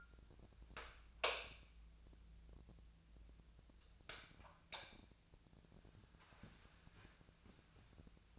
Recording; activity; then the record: daily activity, microphone in the room; light on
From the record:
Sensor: 2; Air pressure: 999.9 hPa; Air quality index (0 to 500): 117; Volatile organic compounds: 2 ppm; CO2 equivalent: 1009 ppm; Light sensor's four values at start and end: 27/69/29/33 and 33/89/37/41